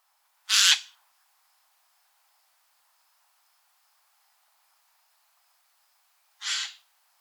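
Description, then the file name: Eurasian jay uttering two harsh, noisy screeches about six seconds apart, the first louder than the second, with near silence in between. "Garrulus glandarius"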